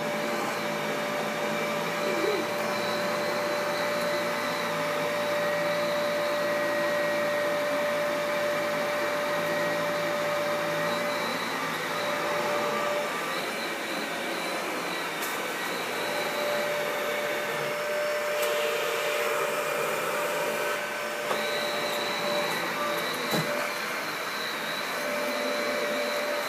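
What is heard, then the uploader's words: A vacuum cleaner runs continuously, a dense, steady roar with a thin whine held at one pitch and a brighter hiss on top. Around the thirteen-second mark the whine drops out briefly and the tone shifts, with a few short clicks near 15 and 23 seconds. ASMR Running the Vacuum.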